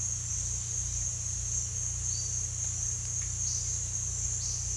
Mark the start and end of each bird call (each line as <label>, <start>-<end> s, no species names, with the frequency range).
bird call (3.6-5.2 kHz), 2.12-2.37 s